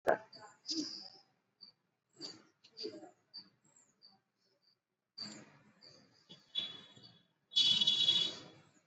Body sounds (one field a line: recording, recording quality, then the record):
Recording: deep breathing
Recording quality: poor, much background noise or distortion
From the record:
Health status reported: exposed to COVID-19, no respiratory illness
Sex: male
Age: 28 years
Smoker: no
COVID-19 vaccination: both doses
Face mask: worn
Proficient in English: yes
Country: India